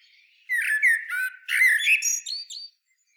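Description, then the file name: Common blackbird song phrase of mellow, fluted, slightly varied notes with squeaky high overtones, lasting about two seconds and then stopping. "Turdus merula"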